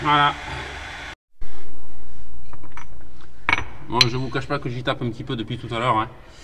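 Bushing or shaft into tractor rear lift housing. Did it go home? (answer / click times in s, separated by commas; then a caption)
yes / 3.5 s. A tight-fitting bushing or shaft is tapped gently into the cast housing of the rear lift on a John Deere 2250 tractor, where joints, bushings and the shaft are being replaced. A few light metallic taps come before a sharp hit at 3.5 s, when the part seats fully in the housing. Someone then talks.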